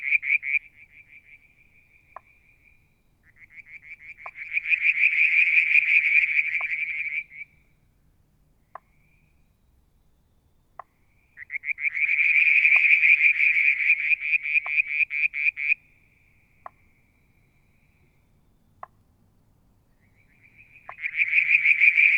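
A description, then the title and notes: Frogs calling one evening near a water tank. Bursts of fast, pulsing trills come in long bouts of about four seconds, separated by quiet gaps, while single sharp knocks sound every couple of seconds throughout. A faint low rumble sits underneath. Frog song, Mount Wilson, New South Wales, Australia. Limnodynastes Peronii, Litoria Verreauxii and a mystery frog one evening near the water tank.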